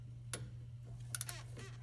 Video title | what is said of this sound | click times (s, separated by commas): FULL FORCE DIESEL INJECTOR INSTALL!! Stage 1 Build [EP.7] | okay now that one thing that I like to do is after the first click I like to back | 0.3 s